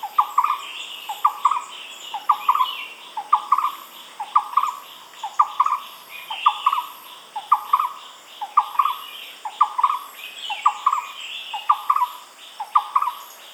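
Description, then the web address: Barbet calling, a repeated low hollow two-part phrase about once per second, with higher chattering and twittering behind it throughout. "animal-sound barbet-sound"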